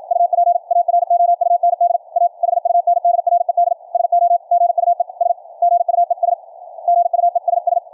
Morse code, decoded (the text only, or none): UP AROUND A HUNDRED SO GUE S GUES GUESS